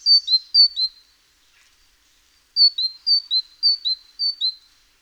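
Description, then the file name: Great tit repeating a ringing high-low two-note phrase, two at first, a pause, then four in a steady rhythmic run. "Parus major"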